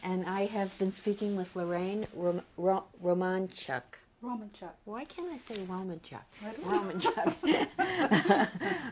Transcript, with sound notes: And I have been speaking with Lorain Rom --Ro -- Romanchuck.
Romanchuck.
Why can't I say Romanchuck.
I don't know (both laugh)
Romanchuck.